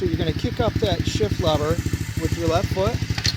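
On an SSR 125cc pit bike, the engine idles in a steady, low, pulsing rumble while someone talks, with the clutch lever pulled in and the shift lever about to be kicked with the left foot to pop the transmission into first gear. A short sharp sound comes at about 3.3 s, but the gearbox has not popped into first gear yet when the clip ends.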